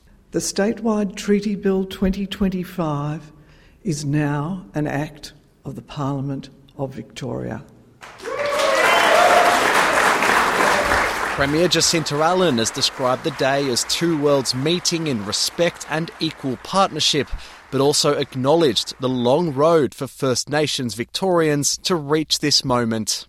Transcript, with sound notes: "The Statewide Treaty Bill 2025 is now an Act of Parliament in Victoria.' *applause* Premier Jacinta Allan has described the day as two worlds meeting in respect and equal partnership, but also acknowledged the long road for First Nations Victorians to reach this moment.